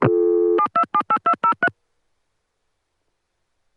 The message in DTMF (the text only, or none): 7278203